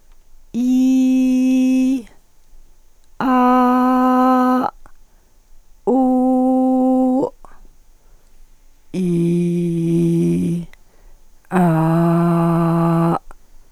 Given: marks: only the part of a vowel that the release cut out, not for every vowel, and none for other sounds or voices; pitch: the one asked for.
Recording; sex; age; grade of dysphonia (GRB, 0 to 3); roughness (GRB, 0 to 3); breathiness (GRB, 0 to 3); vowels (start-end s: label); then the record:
sustained vowels; female; 40 to 49 years; 1; 1; 1
0.71-1.43 s: vowel /i/, high pitch
3.29-4.56 s: vowel /a/, high pitch
5.95-7.17 s: vowel /u/, high pitch
9.01-10.48 s: vowel /i/, low pitch
11.59-13.07 s: vowel /a/, low pitch
From the record:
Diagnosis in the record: arytenoid dislocation, hyperfunctional dysphonia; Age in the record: 45 years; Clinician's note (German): Zustand danach mit jetzt noch hyperfunktioneller Dysphonie